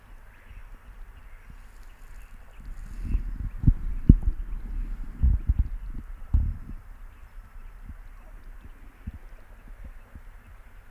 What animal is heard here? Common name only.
Common Tree Frog